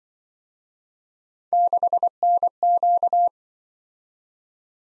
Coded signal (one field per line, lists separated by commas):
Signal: Morse code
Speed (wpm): 24 wpm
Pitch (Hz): 700 Hz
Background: none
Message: 6NQ